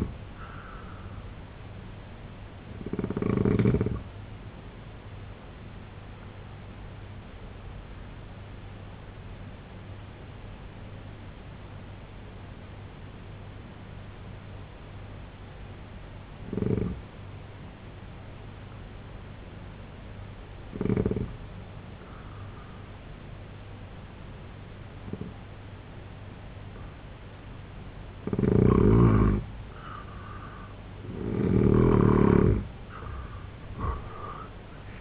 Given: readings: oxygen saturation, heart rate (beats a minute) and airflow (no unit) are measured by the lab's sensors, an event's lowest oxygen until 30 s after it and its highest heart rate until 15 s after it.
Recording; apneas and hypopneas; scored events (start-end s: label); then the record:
breathing in sleep by a voice recorder at the bedside; 1
4.00-30.40 s: hypopnea (N1, oxygen 94% highest, then 86% lowest, heart rate 73 at the start, 96 highest)
From the record:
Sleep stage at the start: N1 (lightest sleep); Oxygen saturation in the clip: 81 to 94%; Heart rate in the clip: 64 to 94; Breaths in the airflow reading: 6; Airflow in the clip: -9.1 to 7.9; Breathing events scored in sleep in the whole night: 258 in 7.4 hours asleep